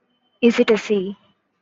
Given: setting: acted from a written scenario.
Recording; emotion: vocal sound without words; ecstasy